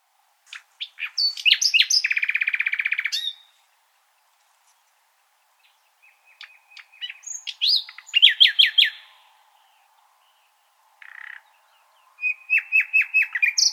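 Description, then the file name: Common nightingale song in loud phrases: a fast rattling trill of repeated notes, a pause, rapid downslurred whistles, a short burst, then another fast repeated trill, with silent gaps between. "Luscinia megarhynchos"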